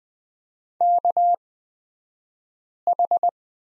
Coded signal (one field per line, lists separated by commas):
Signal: Morse code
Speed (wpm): 20 wpm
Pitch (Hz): 700 Hz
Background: none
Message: KH